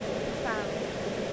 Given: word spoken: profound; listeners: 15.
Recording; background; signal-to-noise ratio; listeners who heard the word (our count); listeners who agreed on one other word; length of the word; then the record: one English word in noise, from a listening test; speech-shaped noise; -6.4 dB; 0 of 15; 9 of 15; 0.93 s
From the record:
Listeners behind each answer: 9, 1, 1, 1, 1, 1, 1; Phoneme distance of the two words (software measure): 21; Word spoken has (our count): 2 syllables, 7 phonemes, stress on syllable 2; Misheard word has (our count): 1 syllable, 4 phonemes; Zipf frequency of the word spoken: 3.90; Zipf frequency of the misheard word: 5.58